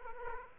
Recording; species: mosquito wingbeat signal from an infrared sensor; Aedes aegypti